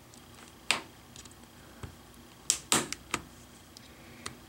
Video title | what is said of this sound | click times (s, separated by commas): Acer V5-571P Laptop Touchscreen and the LCD Replacement Procedure | and those snapping sounds that you hear that's the screen assembly snapping open | 0.7 s, 2.5 s, 2.7 s, 3.1 s